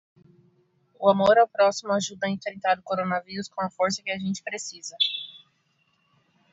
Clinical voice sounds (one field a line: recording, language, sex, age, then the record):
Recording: spoken sentence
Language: Brazilian Portuguese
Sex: female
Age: 20 to 29 years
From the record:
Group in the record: control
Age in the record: 28 years